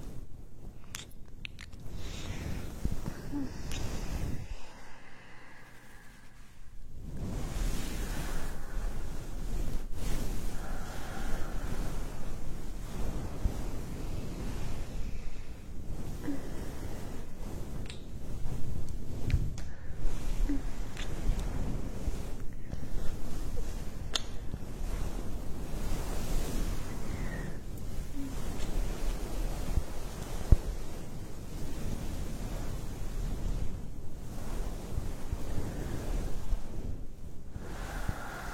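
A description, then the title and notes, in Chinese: An ear massage: muffled rubbing that swells and ebbs like surf or wind, heavy in the low end. It quiets briefly around five to seven seconds, with a few sharper brushing knocks near ten and thirty seconds. 按摩耳朵刺激大脑。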